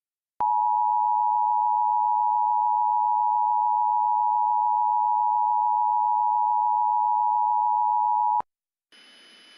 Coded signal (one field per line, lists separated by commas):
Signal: Emergency Alert System (SAME) tones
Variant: 853 and 960 Hz attention tone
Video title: EAS Scenario (mini): Out of this world